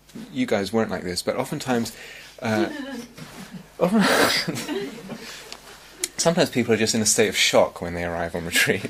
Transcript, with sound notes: you guys weren't like this, but oftentimes... [laughter] Sometimes people are just in a state of shock when they arrive on retreat.